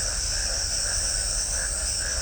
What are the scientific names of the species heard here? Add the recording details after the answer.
none. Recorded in shrubland near Pivijay, Magdalena, Colombia, on 2 June 2023 at 22:00. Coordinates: 10.453, -74.365. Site P5-G022